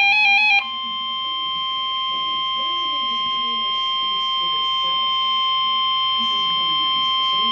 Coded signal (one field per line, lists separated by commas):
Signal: Emergency Alert System (SAME) tones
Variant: 1050 Hz attention tone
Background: speech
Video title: Severe Thunderstorm Warning (EAS #178)